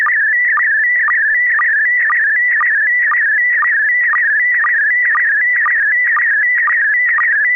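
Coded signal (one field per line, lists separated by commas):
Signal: SSTV (slow-scan television)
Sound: warbling, chirping tone with a steady rhythmic tick about twice a second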